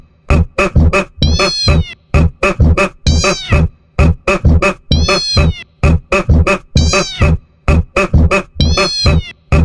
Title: Coloque esse áudio e veja a reação do seu gato